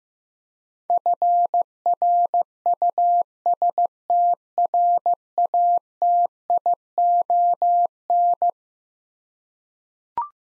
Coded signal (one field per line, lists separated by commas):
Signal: Morse code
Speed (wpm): 16 wpm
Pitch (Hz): 700 Hz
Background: none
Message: FRUSTRATION